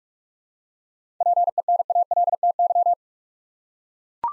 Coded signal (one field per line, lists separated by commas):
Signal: Morse code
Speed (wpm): 42 wpm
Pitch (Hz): 700 Hz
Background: none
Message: PENALTY